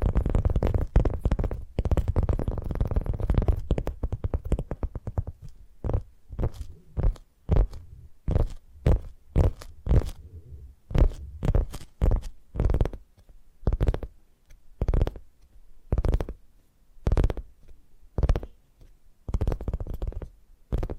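Tapping triggers rattle along in a fast, dense flurry for the first five seconds, with deep thumping underneath. Then the taps spread out into separate sharp knocks, roughly two per second, each with a full low thud and a crisp top, continuing steadily to the end.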